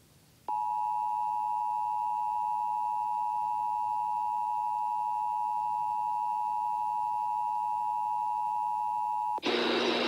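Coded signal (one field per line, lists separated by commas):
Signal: Emergency Alert System (SAME) tones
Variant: 853 and 960 Hz attention tone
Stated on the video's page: Iowa Required Monthly Test originated from an AM station and relayed by radio and TV stations.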